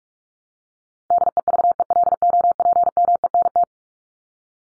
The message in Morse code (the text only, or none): DEVELOPMENT